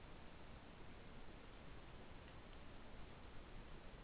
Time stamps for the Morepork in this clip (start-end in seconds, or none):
none